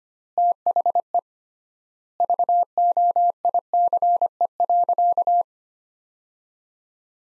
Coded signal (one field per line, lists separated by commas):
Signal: Morse code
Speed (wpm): 25 wpm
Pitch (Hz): 700 Hz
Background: none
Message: THE VOICE.